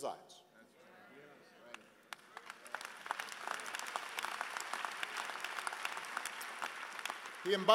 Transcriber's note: applause